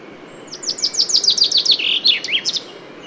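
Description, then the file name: Common chaffinch song: a rapid run of descending high notes, about a dozen, ending in a flourish near the end, over faint steady background hiss. "Fringilla coelebs"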